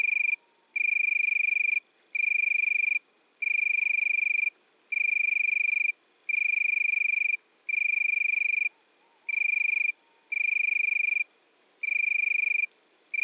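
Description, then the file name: Italian tree cricket trilling in steady one-second bursts with brief gaps. Recorded at midnight at Le Puech, Cantal. "grillon-d Italie-a-minuit-Le-Puech-Cantal"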